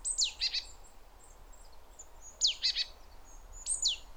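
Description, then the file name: Great tit calling: three loud calls, each a sharp downward-sweeping note, the first two followed by two or three harsh buzzy notes, over a faint hiss of background noise. "Parus major"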